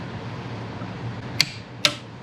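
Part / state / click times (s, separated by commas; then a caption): frame slider bolt into motorcycle frame, tightened with torque wrench / torque reached / 1.4 s, 1.8 s. An Evotech frame slider bolt is tightened into the frame of a Suzuki GSX-8S motorcycle with a torque wrench set to 85 Nm, over a steady low background hum. Two sharp, bright clicks ring out at 1.4 s and 1.9 s, the second slightly louder, as the wrench reaches its 85 Nm setting and the bolt is confirmed torqued.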